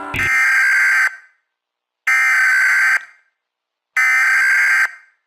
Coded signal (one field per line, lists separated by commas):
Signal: Emergency Alert System (SAME) tones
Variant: header bursts